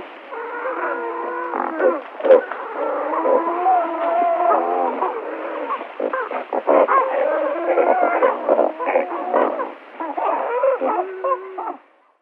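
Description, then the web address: Great white pelican calls: overlapping nasal, wavering moans and honks in a continuous, busy chorus. "Schulze Peter Great White Pelican"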